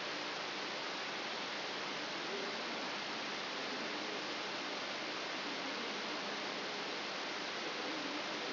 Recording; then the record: brain microelectrode recording played as sound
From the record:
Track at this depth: inside the subthalamic nucleus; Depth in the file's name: 4.302 mm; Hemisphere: left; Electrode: 3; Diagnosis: Parkinson's disease